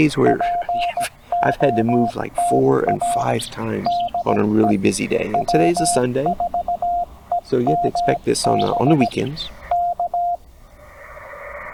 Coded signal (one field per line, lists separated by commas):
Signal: Morse code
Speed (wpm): 17 wpm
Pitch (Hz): 700 Hz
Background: speech, radio noise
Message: POTA DE W4EMB K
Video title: CW POTA Activation. 18 May 2025, US-2969 Port Royal State Park TN